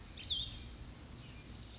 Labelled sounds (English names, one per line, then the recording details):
Brown Creeper
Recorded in Sonoma County, California